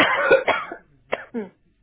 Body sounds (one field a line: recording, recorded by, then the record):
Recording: voluntary cough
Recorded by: telephone call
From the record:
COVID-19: positive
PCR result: checked with the laboratory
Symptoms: yes